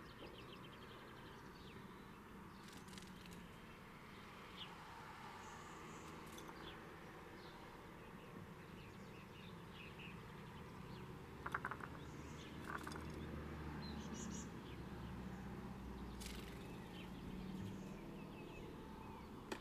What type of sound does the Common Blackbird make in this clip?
call